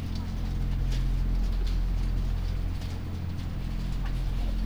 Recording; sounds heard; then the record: poultry house recording; sick chickens (respiratory disease)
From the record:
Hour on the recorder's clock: 0